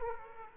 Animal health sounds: mosquito wingbeat signal from an infrared sensor; Aedes aegypti

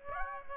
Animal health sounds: mosquito wingbeat signal from an infrared sensor; Aedes aegypti

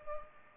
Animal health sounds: mosquito wingbeat signal from an infrared sensor; Culex pipiens

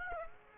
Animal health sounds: mosquito wingbeat signal from an infrared sensor; Aedes aegypti

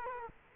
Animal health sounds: mosquito wingbeat signal from an infrared sensor; Culex quinquefasciatus

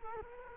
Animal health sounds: mosquito wingbeat signal from an infrared sensor; Culex quinquefasciatus

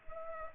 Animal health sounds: mosquito wingbeat signal from an infrared sensor; Culex pipiens

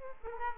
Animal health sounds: mosquito wingbeat signal from an infrared sensor; Culex pipiens

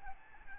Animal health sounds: mosquito wingbeat signal from an infrared sensor; Aedes albopictus

